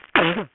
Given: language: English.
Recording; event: throat vibration sensor signal played as sound; cough